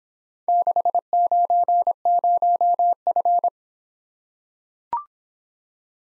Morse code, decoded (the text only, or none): 690F